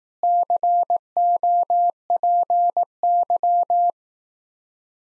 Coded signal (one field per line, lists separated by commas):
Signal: Morse code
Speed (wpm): 18 wpm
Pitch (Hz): 700 Hz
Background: none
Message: COPY